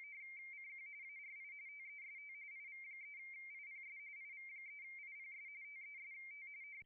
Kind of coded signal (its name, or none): RTTY